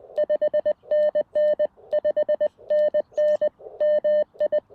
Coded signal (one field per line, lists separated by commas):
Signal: Morse code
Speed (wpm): 20 wpm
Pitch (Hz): 590 Hz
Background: none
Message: 5NN 5NN MI